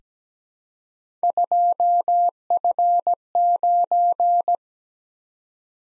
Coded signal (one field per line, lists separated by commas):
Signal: Morse code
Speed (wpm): 17 wpm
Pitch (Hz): 700 Hz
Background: none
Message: 2F9